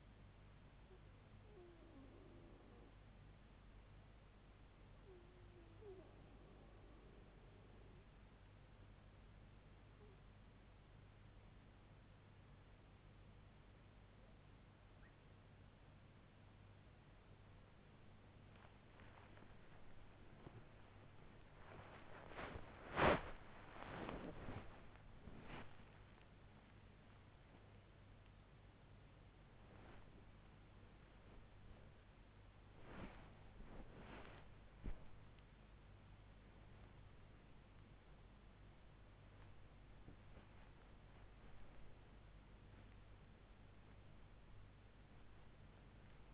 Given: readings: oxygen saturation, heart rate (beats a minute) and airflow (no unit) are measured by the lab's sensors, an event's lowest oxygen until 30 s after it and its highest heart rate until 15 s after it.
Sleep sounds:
a person awake in a sleep study, by a voice recorder at the bedside; 1
3.00-17.70 s: hypopnea (N1, oxygen 95% highest, then 95% lowest, heart rate 75 at the start, 90 highest)
19.00-46.34 s: new sleep stage, awake
From the record:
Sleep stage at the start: N1 (lightest sleep); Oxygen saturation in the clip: 93 to 97%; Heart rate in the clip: 73 to 90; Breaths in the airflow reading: 11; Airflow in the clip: -7.7 to 8.4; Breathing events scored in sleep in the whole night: 158 in 7.3 hours asleep

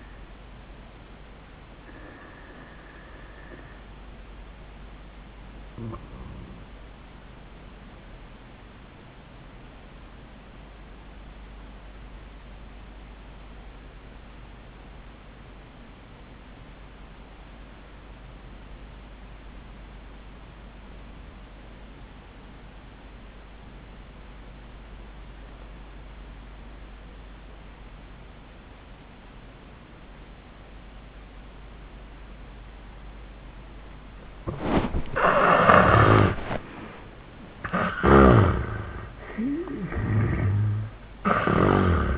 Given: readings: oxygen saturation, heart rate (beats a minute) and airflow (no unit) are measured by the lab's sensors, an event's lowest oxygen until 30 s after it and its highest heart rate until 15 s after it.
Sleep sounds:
breathing in sleep by a voice recorder at the bedside; 1
3.00-35.80 s: obstructive apnea (REM, oxygen 97% highest, then 72% lowest, heart rate 88 at the start, 96 highest)
27.00-42.18 s: new sleep stage, N1 (lightest sleep)
From the record:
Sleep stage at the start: REM sleep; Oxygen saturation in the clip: 73 to 97%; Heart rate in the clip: 75 to 96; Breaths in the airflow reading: 1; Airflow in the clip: -26.3 to 12.6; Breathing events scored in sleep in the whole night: 400 in 8.7 hours asleep

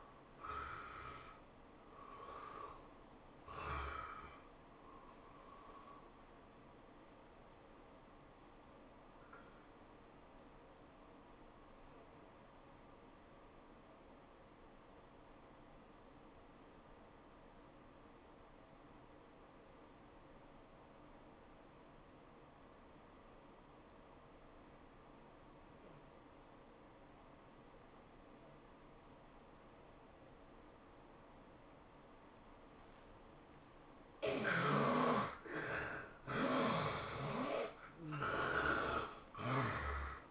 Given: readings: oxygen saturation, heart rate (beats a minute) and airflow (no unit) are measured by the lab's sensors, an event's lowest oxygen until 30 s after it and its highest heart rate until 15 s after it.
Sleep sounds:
breathing in sleep by a voice recorder at the bedside; 1
6.00-33.10 s: hypopnea (N1, oxygen 97% highest, then 73% lowest, heart rate 104 at the start, 104 highest)
From the record:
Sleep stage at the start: N1 (lightest sleep); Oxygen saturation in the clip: 77 to 97%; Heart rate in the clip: 83 to 104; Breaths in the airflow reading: 5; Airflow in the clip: -11.3 to 12.6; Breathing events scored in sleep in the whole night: 403 in 5.5 hours asleep

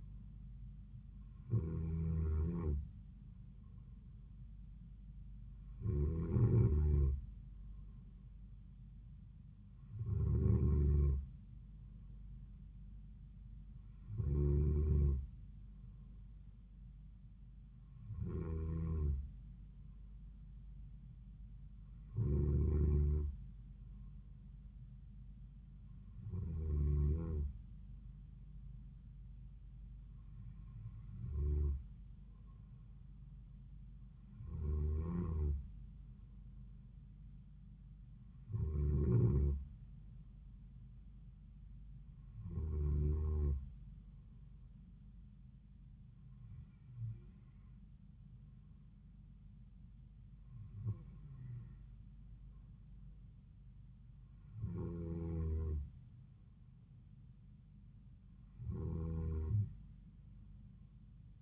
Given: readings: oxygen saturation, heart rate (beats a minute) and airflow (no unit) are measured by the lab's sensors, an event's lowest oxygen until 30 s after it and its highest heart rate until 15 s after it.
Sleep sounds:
breathing in sleep by a smartphone at the bedside; none
none scored
From the record:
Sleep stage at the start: N2 (light sleep); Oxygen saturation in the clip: 93 to 94%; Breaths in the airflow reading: 15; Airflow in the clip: -4.2 to 3.7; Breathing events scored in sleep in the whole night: 270 in 6.1 hours asleep

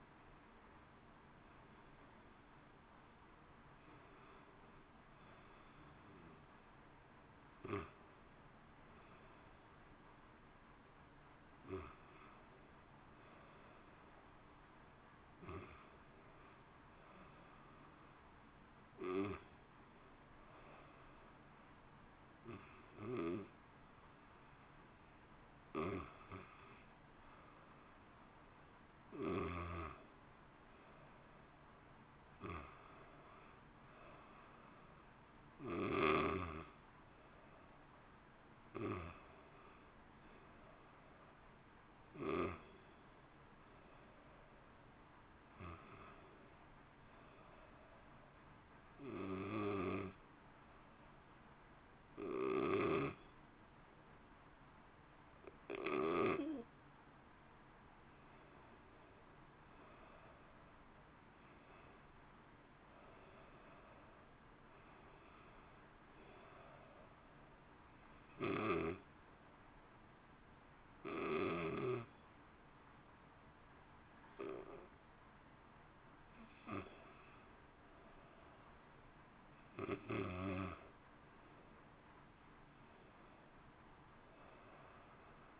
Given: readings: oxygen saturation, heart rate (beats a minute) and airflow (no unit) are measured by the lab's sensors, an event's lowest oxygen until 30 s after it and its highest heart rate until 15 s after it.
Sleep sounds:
breathing in sleep by a voice recorder at the bedside; 3
6.00-29.80 s: hypopnea (N1, oxygen 92% highest, then 86% lowest, heart rate 67 at the start, 69 highest)
48.00-60.00 s: hypopnea (N1, oxygen 89% highest, then 85% lowest, heart rate 65 at the start, 67 highest)
69.00-80.80 s: hypopnea (N1, oxygen 91% highest, then 86% lowest, heart rate 66 at the start, 66 highest)
From the record:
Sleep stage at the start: N1 (lightest sleep); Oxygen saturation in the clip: 85 to 92%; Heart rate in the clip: 60 to 69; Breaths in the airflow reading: 24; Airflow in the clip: -1.1 to 1.6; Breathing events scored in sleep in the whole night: 328 in 6.3 hours asleep

